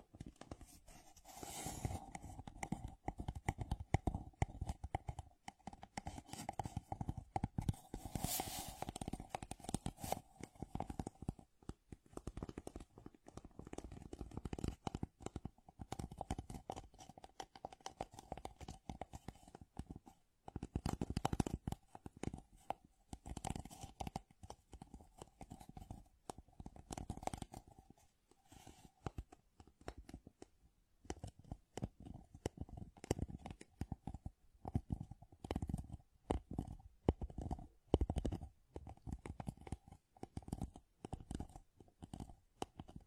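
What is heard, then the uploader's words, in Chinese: Deep ear digging, heard as dense, irregular scratching and crackling that runs throughout, with brief louder rubs and a faint steady hum underneath. 深挖耳朵。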